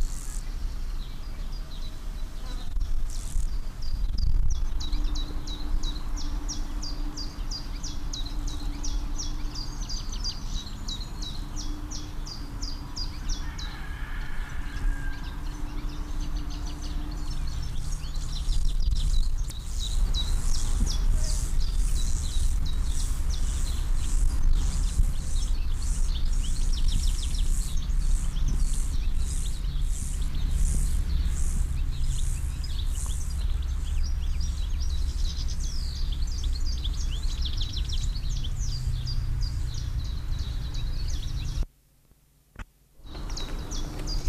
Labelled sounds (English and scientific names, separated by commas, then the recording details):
Common Chiffchaff (Phylloscopus collybita) song
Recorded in the wild
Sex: male
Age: adult
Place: Mühlenbecker Land, OT Buchhorst, Naturpark Barnim, Brandenburg, DE
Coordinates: 52.6733, 13.3925
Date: 1991-07-06 11:48
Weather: sunny, 27 °C
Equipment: Marantz, Sennheiser ME 80, Kopie Tesla B 116
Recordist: Tembrock, Günter